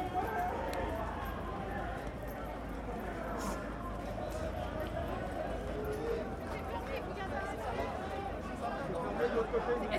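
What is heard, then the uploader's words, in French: End of a solidarity march in Paris: many voices talk at once in a dense, steady murmur of crowd chatter. A constant low rumble runs underneath throughout, and a few louder voices and brief sharper sounds stand out near the end. Fin de manifestation - Marche des solidarités Paris.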